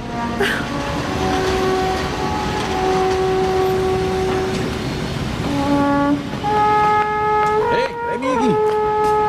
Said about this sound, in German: Was machst denn du mit einem Alphorn im Basler Bahnhof?